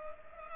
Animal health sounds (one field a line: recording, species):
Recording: mosquito wingbeat signal from an infrared sensor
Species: Culex pipiens